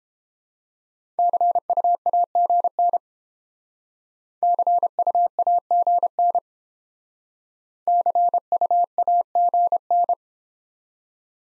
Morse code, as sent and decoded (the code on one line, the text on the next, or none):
-.-. ..- .- --. -. / -.-. ..- .- --. -. / -.-. ..- .- --. -.
CUAGN CUAGN CUAGN